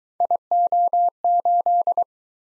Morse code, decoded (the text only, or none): IO8